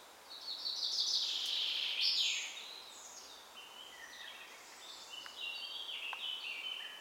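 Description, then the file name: Common chaffinch song: a bright descending trill of repeated notes ending in a quick flourish, followed by softer high chirps. "Fringilla coelebs"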